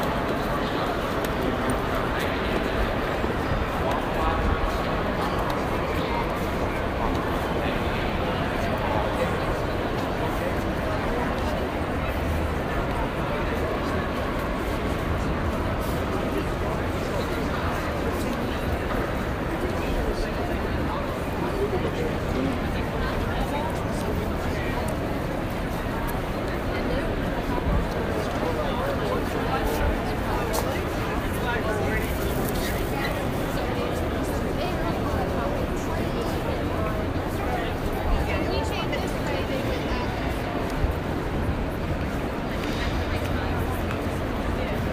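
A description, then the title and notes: New York street noise with steady overlapping voices and crowd chatter, a constant low traffic rumble, and occasional brief clatters throughout. Grand Central Station.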